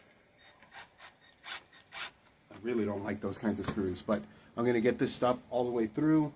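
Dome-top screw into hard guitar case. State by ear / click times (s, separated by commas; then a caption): stripped / 0.6 s. A dome-top screw is driven slowly with a driver bit through a hard guitar case into strap material, with short rasping bursts during the first two seconds. The bit slips off track with a click at 0.6 s, stripping the screw head. Someone then talks.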